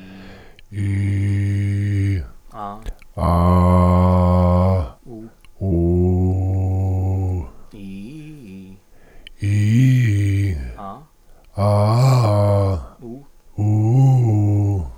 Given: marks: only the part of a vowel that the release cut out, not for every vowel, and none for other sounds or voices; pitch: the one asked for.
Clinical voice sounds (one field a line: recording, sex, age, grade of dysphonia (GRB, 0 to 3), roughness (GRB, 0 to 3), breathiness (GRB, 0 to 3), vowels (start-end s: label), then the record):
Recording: sustained vowels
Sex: male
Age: 60 to 69 years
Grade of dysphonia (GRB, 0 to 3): 2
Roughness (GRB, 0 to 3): 2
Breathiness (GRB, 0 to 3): 2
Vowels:
0.85-2.06 s: vowel /i/, low pitch
3.25-4.73 s: vowel /a/, low pitch
5.66-7.13 s: vowel /u/, low pitch
9.48-10.35 s: vowel /i/, low-high-low pitch
11.65-12.64 s: vowel /a/, low-high-low pitch
13.60-14.63 s: vowel /u/, low-high-low pitch
From the record:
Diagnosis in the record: recurrent laryngeal nerve paralysis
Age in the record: 61 years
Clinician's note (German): Strumiprive, links mit unvollständiger Kompensation (schlaff)